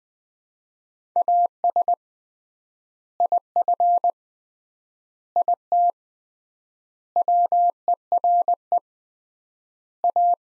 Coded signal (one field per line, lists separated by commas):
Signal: Morse code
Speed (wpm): 21 wpm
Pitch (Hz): 700 Hz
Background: none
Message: AS IF IT WERE A